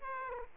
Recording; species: mosquito wingbeat signal from an infrared sensor; Aedes aegypti